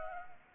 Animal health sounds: mosquito wingbeat signal from an infrared sensor; Culex pipiens

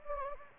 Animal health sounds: mosquito wingbeat signal from an infrared sensor; Anopheles gambiae

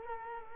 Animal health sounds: mosquito wingbeat signal from an infrared sensor; Culex quinquefasciatus

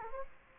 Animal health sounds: mosquito wingbeat signal from an infrared sensor; Culex quinquefasciatus

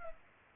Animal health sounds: mosquito wingbeat signal from an infrared sensor; Culex pipiens

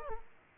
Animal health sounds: mosquito wingbeat signal from an infrared sensor; Aedes aegypti

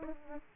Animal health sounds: mosquito wingbeat signal from an infrared sensor; Aedes aegypti

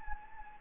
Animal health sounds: mosquito wingbeat signal from an infrared sensor; Anopheles gambiae

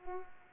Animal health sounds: mosquito wingbeat signal from an infrared sensor; Culex pipiens

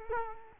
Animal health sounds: mosquito wingbeat signal from an infrared sensor; Culex quinquefasciatus

